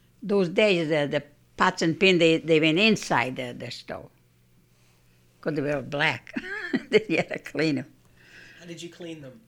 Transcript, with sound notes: Those days the pots and pans they went inside the stove because they were black. ( she laughs ) You had to clean them.
How did you clean them?